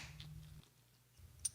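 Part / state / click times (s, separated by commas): alarm sound diaphragm into a wristwatch case / seated / 1.5 s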